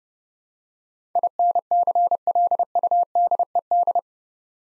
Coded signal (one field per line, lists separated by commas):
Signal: Morse code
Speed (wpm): 30 wpm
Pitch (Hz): 700 Hz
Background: none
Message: INCLUDED